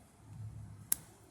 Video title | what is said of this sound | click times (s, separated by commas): GI JOE CLASSIFIED DR MINDBENDER REVIEW AND HOW TO GET | it kind of snaps and put the lid on | 0.9 s